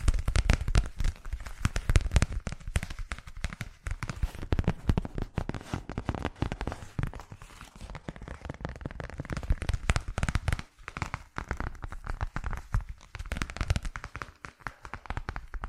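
Fast, unpredictable ASMR triggers fill the clip with dense, crackling taps and clicks, coming in rapid bursts with no steady rhythm. The sound shifts texture every few seconds, from sharp bright snaps to softer rustling, with brief gaps near the eleven-second mark.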